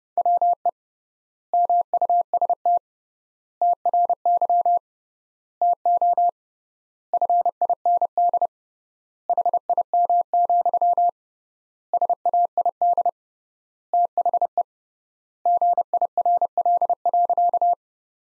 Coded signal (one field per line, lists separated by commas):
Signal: Morse code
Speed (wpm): 30 wpm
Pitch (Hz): 700 Hz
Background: none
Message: WE MUST TRY TO FIND HIM, SAID THE GIRL.